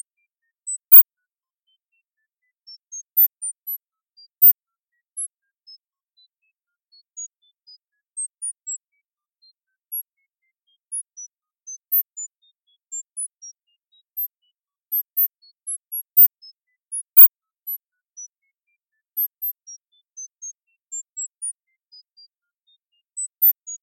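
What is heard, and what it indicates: Very quiet, brief high-pitched tone pips sound at random pitches and irregular intervals, roughly 80 a minute, over silence. They form a simulated sound-therapy demonstration for hyperacusis at a 0 dB level, not a body sound.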